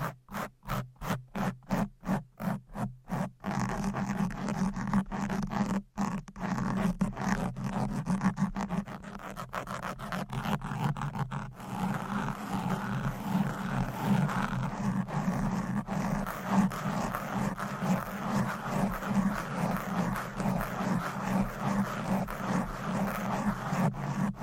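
Fast, aggressive scratching on microphones, opening with rhythmic strokes, then dense continuous raspy scraping with a steady low hum underneath throughout.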